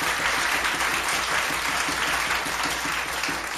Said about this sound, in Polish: Brawa.